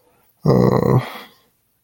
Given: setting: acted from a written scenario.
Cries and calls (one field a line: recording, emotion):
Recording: vocal sound without words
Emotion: sadness